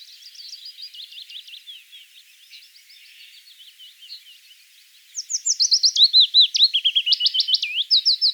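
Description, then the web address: Willow warbler song, a soft jumble of high notes followed after about five seconds by a louder run of slurred whistles. "vogelstimmen fitis gesang nabu lars lachmann"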